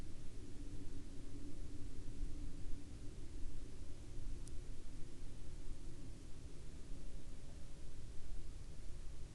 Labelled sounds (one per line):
man-made sound